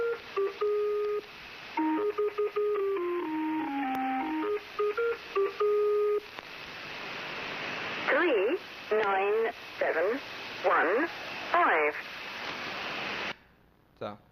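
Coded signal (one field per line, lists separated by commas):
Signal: numbers station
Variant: Lincolnshire Poacher (E3)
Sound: electronic folk-tune melody, then evenly spaced spoken number words over hiss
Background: radio static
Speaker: this is the Lincolnshire poacher it's a pretty famous famous number station and it's still broadcasting I don't know from where but if I'm not mistaken it's uh yes MI6 operated so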